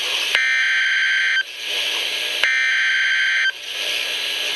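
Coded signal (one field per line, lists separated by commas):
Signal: Emergency Alert System (SAME) tones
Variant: header bursts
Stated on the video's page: Severe thunderstorm warning on NOAA Weather Radio transmitter WXJ87, Madison, Wisconsin.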